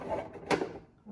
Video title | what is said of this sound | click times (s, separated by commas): iDOO Hydroponics Growing System Review - Instructions - Tips | that'll snap into place like that | 0.5 s